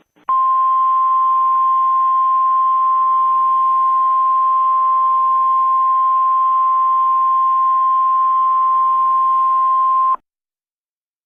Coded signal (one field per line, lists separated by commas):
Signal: Emergency Alert System (SAME) tones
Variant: 1050 Hz attention tone